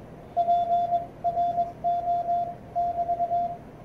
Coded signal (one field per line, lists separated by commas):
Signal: Morse code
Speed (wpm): 22 wpm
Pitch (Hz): 700 Hz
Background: none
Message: PRO<BT>